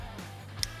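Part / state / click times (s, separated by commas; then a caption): tail light wiring connector into vehicle harness plug / seated / 0.6 s. The wiring connector on the back of an aftermarket XB Gen 2 LED tail light, red or smoked, is pushed by hand into the plug-and-play harness connector on a 2009-2018 Dodge Ram pickup truck. A single sharp, short click sounds at 0.6 s over a low, steady background hum. The connector is seated.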